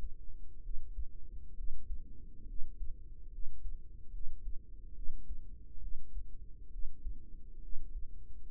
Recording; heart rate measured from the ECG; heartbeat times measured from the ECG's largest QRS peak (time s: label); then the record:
heart sounds by microphone in the right ear; 69 bpm
0.60 s: heartbeat
1.53 s: heartbeat
2.45 s: heartbeat
3.29 s: heartbeat
4.10 s: heartbeat
4.92 s: heartbeat
5.79 s: heartbeat
6.69 s: heartbeat
7.59 s: heartbeat
8.46 s: heartbeat
From the record:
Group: healthy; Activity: rest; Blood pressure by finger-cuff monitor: 118/63 mmHg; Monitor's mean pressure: 78 mmHg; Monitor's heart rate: 66 bpm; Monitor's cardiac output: 5.6 L/min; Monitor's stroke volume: 82 mL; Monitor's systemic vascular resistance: 1020 dyn s/cm5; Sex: female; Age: 32 years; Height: 168 cm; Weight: 61.9 kg